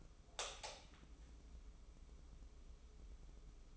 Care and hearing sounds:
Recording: daily activity, microphone in the room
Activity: light on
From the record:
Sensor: 1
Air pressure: 995.3 hPa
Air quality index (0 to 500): 25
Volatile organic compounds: 0 ppm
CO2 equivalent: 500 ppm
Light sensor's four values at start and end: 10/26/10/11 and 14/41/15/17

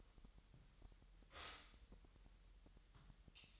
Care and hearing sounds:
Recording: daily activity, microphone in the room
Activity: stop toaster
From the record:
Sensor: 3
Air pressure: 1001.9 hPa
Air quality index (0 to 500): 247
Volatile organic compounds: 50 ppm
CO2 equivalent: 3300 ppm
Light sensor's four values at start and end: 13/40/17/15 and 13/40/17/15

